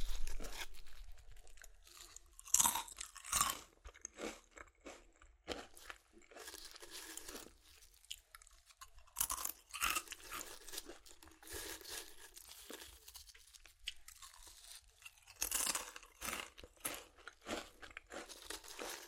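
Chips are crunched and eaten in a rapid, irregular run of crisp, bright cracks, with the loudest bursts around 2.5 to 3.5 seconds and again near 9.5 and 15.5 seconds. Between bites come softer chewing and faint crinkling, with only brief quiet gaps.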